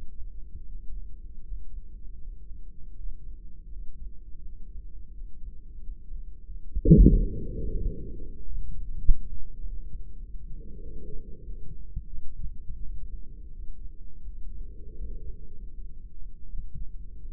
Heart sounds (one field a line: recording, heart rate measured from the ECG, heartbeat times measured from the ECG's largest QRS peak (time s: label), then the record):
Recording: heart sounds by microphone in the right ear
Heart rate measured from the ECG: 87 bpm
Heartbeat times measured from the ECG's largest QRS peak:
0.65 s: heartbeat
1.41 s: heartbeat
2.18 s: heartbeat
2.94 s: heartbeat
3.69 s: heartbeat
4.43 s: heartbeat
5.11 s: heartbeat
5.79 s: heartbeat
6.45 s: heartbeat
7.12 s: heartbeat
7.79 s: heartbeat
8.42 s: heartbeat
9.03 s: heartbeat
9.62 s: heartbeat
10.21 s: heartbeat
10.81 s: heartbeat
11.43 s: heartbeat
12.09 s: heartbeat
12.80 s: heartbeat
13.52 s: heartbeat
14.22 s: heartbeat
14.95 s: heartbeat
15.71 s: heartbeat
16.48 s: heartbeat
17.25 s: heartbeat
From the record:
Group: heart failure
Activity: breath hold 0-13 s, rest 13-17 s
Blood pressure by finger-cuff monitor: 88/66 mmHg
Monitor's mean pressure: 74 mmHg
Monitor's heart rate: 83 bpm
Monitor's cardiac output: 3.9 L/min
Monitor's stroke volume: 44 mL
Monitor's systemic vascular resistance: 1410 dyn s/cm5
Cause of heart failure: ischemic heart disease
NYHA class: 2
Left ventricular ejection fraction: 34%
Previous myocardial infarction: present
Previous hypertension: absent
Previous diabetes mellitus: present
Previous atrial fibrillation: absent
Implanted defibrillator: absent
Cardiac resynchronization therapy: absent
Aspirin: absent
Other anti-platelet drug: present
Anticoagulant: apixaban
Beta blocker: bisoprolol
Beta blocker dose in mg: 10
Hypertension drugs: sacubitril-valsartan, spironolactone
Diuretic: furosemide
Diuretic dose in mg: 40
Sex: male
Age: 57 years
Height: 149 cm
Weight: 44.5 kg